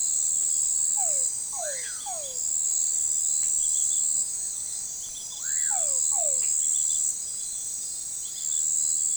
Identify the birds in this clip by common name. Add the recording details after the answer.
Common Pauraque. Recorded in forest near Pivijay, Magdalena, Colombia, on 18 April 2023 at 04:00. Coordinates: 10.467, -74.380. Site Z5-G034